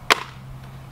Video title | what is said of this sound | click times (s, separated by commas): ATLAS 40V 10" Pole Saw Review & Demonstration - Harbor Freight Best Yard Tools 2020 | and you just click it into place | 0.1 s